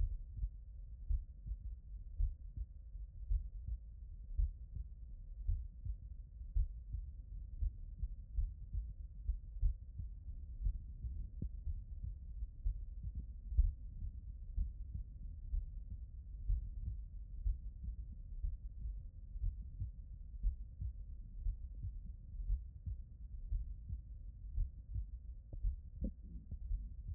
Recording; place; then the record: heart sounds by stethoscope; tricuspid valve (TV)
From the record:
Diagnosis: non-HFrEF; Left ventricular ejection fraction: 60%